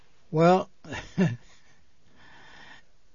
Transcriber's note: he laughs